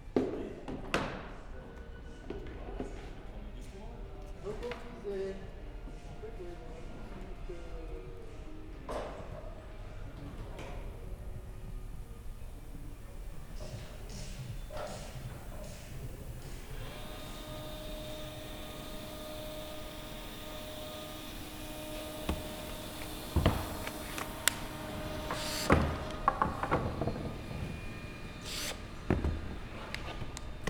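Workshop construction noise with scattered knocks and clanks, a steady mechanical hum, faint voices, and sharper metallic strikes growing busier after twenty seconds.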